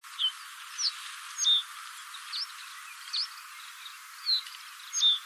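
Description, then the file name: Common reed bunting giving thin, high, short call notes, about one every second or so at irregular intervals, over a faint hiss. "oojyurin"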